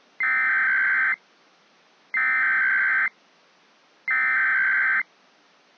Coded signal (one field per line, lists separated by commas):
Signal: Emergency Alert System (SAME) tones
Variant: header bursts